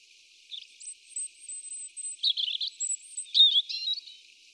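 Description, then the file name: European robin song: thin, high warbled phrases with sweet trills and sliding whistles, loudest in a burst of rapid notes in the second half. "Erithacus rubecula"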